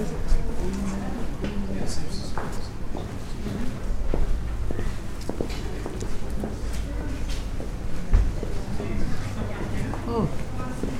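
A bustling crowd on a medieval city walk in York, with many voices talking over one another at a steady level throughout. Short sharp knocks and scuffs, likely steps on cobbles, come and go, over a constant low rumble.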